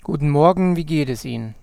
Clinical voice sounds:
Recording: spoken sentence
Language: German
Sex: male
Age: 30 to 39 years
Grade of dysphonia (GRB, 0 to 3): 0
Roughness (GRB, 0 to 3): 0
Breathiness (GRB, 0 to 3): 0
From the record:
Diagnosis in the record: mutational falsetto, contact pachydermia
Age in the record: 36 years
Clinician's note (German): Mutationsfistelstimme?, Kontaktpachydermie ohne "Kontaktpachydermie"

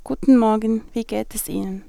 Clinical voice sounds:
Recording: spoken sentence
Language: German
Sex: female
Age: 20 to 29 years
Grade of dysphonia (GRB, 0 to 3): 1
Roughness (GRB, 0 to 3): 0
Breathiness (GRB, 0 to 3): 1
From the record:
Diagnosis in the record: healthy voice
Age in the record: 25 years

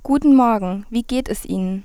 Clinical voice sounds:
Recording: spoken sentence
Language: German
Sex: female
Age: 20 to 29 years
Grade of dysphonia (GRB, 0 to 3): 1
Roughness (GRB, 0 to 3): 1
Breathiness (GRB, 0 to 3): 0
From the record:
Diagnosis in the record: healthy voice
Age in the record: 21 years

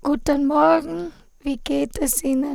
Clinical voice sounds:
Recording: spoken sentence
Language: German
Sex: female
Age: 20 to 29 years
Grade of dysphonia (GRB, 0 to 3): 2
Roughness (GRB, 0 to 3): 2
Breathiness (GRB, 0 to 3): 0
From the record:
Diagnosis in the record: hyperfunctional dysphonia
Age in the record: 29 years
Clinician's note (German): HWS-bedingt, Strahlenfolgen, Zustand nach Neckdissection + Radiatio (Schmicke-TU)

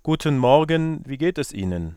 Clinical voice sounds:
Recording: spoken sentence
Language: German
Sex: male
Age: 20 to 29 years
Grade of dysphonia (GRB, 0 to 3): 0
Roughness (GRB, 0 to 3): 0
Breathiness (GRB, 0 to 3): 0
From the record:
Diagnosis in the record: healthy voice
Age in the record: 28 years

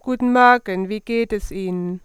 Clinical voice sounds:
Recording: spoken sentence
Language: German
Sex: female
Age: 40 to 49 years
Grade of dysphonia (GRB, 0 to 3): 1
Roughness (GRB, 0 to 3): 1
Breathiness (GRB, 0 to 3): 0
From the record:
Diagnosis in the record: recurrent laryngeal nerve paralysis, Reinke's edema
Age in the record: 45 years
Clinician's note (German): Links mit Kompensation; Reinke-Ödem beidseitig, relativ ausgeprägt

